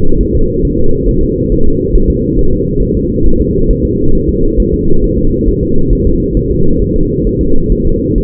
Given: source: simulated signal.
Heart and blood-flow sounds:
fetal heart sounds
0.21 s: S1
0.35 s: S2
0.65 s: S1
0.79 s: S2
1.09 s: S1
1.23 s: S2
1.52 s: S1
1.66 s: S2
1.95 s: S1
2.10 s: S2
2.39 s: S1
2.53 s: S2
2.82 s: S1
2.97 s: S2
3.26 s: S1
3.41 s: S2
3.71 s: S1
3.85 s: S2
4.15 s: S1
4.29 s: S2
4.60 s: S1
4.74 s: S2
5.04 s: S1
5.18 s: S2
5.48 s: S1
5.63 s: S2
5.93 s: S1
6.07 s: S2
6.37 s: S1
6.51 s: S2
6.82 s: S1
6.96 s: S2
7.27 s: S1
7.41 s: S2
7.72 s: S1
7.87 s: S2
8.18 s: S1
From the record:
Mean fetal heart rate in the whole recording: 135 bpm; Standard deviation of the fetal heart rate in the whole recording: 3 bpm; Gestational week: 36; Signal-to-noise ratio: -19.1 dB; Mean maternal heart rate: 72 bpm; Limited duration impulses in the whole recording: present

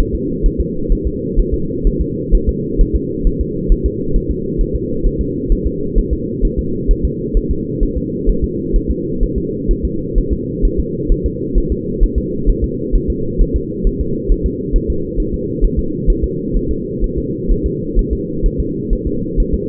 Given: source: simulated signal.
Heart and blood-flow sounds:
fetal heart sounds
0.00 s: S1
0.15 s: S2
0.46 s: S1
0.60 s: S2
0.92 s: S1
1.07 s: S2
1.39 s: S1
1.54 s: S2
1.87 s: S1
2.01 s: S2
2.34 s: S1
2.49 s: S2
2.81 s: S1
2.96 s: S2
3.27 s: S1
3.41 s: S2
3.72 s: S1
3.86 s: S2
4.16 s: S1
4.31 s: S2
4.61 s: S1
4.75 s: S2
5.06 s: S1
5.21 s: S2
5.52 s: S1
5.67 s: S2
5.98 s: S1
6.13 s: S2
6.45 s: S1
6.59 s: S2
6.91 s: S1
7.05 s: S2
7.37 s: S1
7.51 s: S2
7.83 s: S1
7.97 s: S2
8.29 s: S1
8.44 s: S2
8.76 s: S1
8.91 s: S2
9.23 s: S1
9.38 s: S2
9.71 s: S1
9.85 s: S2
10.18 s: S1
10.32 s: S2
10.65 s: S1
10.79 s: S2
11.12 s: S1
11.26 s: S2
11.58 s: S1
11.72 s: S2
12.03 s: S1
12.18 s: S2
12.49 s: S1
12.64 s: S2
12.95 s: S1
13.10 s: S2
13.41 s: S1
13.56 s: S2
13.87 s: S1
14.01 s: S2
14.31 s: S1
14.46 s: S2
14.76 s: S1
14.90 s: S2
15.20 s: S1
15.34 s: S2
15.64 s: S1
15.79 s: S2
16.10 s: S1
16.24 s: S2
16.56 s: S1
16.71 s: S2
17.04 s: S1
17.18 s: S2
17.51 s: S1
17.66 s: S2
17.99 s: S1
18.13 s: S2
18.46 s: S1
18.60 s: S2
18.93 s: S1
19.07 s: S2
19.40 s: S1
19.54 s: S2
From the record:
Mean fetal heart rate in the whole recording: 130 bpm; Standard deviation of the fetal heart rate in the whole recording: 4 bpm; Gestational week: 38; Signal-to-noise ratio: -6.6 dB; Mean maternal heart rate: 72 bpm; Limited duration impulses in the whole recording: present

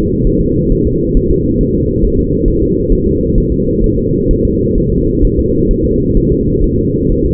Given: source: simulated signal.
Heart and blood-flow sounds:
fetal heart sounds
0.27 s: S1
0.41 s: S2
0.72 s: S1
0.87 s: S2
1.17 s: S1
1.31 s: S2
1.61 s: S1
1.75 s: S2
2.05 s: S1
2.19 s: S2
2.48 s: S1
2.62 s: S2
2.93 s: S1
3.07 s: S2
3.38 s: S1
3.52 s: S2
3.84 s: S1
3.98 s: S2
4.31 s: S1
4.45 s: S2
4.78 s: S1
4.92 s: S2
5.25 s: S1
5.39 s: S2
5.71 s: S1
5.85 s: S2
6.17 s: S1
6.32 s: S2
6.64 s: S1
6.79 s: S2
7.12 s: S1
7.26 s: S2
From the record:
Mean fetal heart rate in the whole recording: 130 bpm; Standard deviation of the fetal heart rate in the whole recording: 4 bpm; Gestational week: 38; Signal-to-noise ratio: -10.2 dB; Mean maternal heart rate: 72 bpm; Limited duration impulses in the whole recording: present

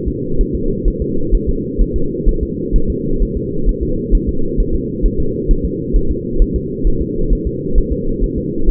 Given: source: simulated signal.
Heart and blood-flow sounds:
fetal heart sounds
0.08 s: S2
0.41 s: S1
0.55 s: S2
0.88 s: S1
1.02 s: S2
1.34 s: S1
1.49 s: S2
1.82 s: S1
1.96 s: S2
2.29 s: S1
2.43 s: S2
2.76 s: S1
2.90 s: S2
3.22 s: S1
3.37 s: S2
3.69 s: S1
3.83 s: S2
4.15 s: S1
4.29 s: S2
4.60 s: S1
4.75 s: S2
5.06 s: S1
5.20 s: S2
5.51 s: S1
5.65 s: S2
5.96 s: S1
6.11 s: S2
6.42 s: S1
6.56 s: S2
6.87 s: S1
7.02 s: S2
7.33 s: S1
7.47 s: S2
7.78 s: S1
7.93 s: S2
8.24 s: S1
8.38 s: S2
8.69 s: S1
From the record:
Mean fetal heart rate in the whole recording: 130 bpm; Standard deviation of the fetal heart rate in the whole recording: 2 bpm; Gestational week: 38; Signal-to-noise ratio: -8.1 dB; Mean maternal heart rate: 72 bpm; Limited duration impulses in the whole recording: absent

